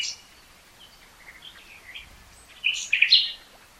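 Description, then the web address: Common nightingale song, mostly faint scattered notes before a short loud burst of sharp chirps near the end. "SETE data Luscinia megarhynchos"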